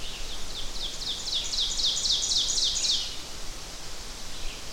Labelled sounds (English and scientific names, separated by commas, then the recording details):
Ovenbird (Seiurus aurocapilla) song
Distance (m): 30 m
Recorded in boreal forest in Alberta, Canada, on 12 June 2016 at 07:12
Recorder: SongMeter 3, array SBT-3-18
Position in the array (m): 239 m, 84 m
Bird 31